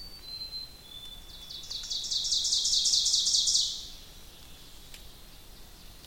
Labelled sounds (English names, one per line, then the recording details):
Ovenbird song
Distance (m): 20 m
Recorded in boreal forest in Alberta, Canada, on 2 June 2016 at 08:26
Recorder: SongMeter 3, array SBT-3-7
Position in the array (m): 192 m, 0 m
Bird 6